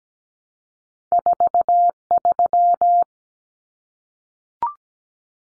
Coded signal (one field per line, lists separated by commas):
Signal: Morse code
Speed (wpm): 17 wpm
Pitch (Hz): 700 Hz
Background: none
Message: 43